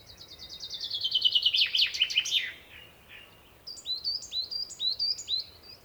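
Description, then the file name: Common chaffinch song: a rapid, descending trill ending in a harsher flourish, then a separate run of sharp, high chirps, a few each second. "Fringilla coelebs"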